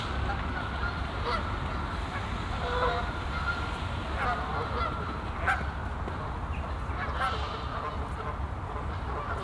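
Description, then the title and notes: Goose honks heard sporadically, a few louder calls standing out from a continuous low rumble. Geese on a castle pond in a botanical garden at Meise, Belgium; binaural recording. "Meise, jardin botanique. Des oies sur l'étang du chateau de Bouchout. Enregistrement binaural"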